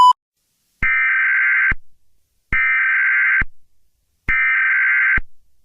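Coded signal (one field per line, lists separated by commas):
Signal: Emergency Alert System (SAME) tones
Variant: header bursts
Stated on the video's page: Fictional EAS scenario.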